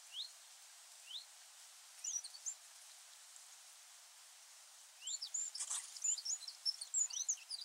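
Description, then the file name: Eurasian wren: a few isolated rising upslurred notes, then a busy stretch of high, sharp chattering notes in the second half, over a hissy background. "Troglodytes troglodytes"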